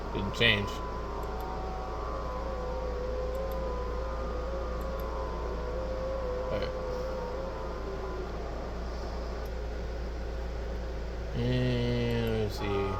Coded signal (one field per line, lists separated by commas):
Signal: FT8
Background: speech